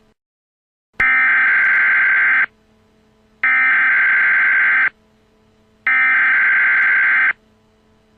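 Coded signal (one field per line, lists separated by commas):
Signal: Emergency Alert System (SAME) tones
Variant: header bursts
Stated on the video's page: Recreation made in Movie Maker, based on a real severe thunderstorm alert.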